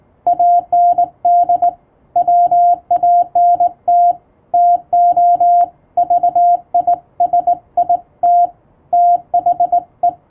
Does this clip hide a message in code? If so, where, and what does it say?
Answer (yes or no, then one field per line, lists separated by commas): yes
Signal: Morse code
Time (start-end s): 0.3-10.1 s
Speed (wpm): 21 wpm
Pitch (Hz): 700 Hz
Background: radio noise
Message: AND WANT TO VISIT THE